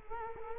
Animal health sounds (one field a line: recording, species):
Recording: mosquito wingbeat signal from an infrared sensor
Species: Culex quinquefasciatus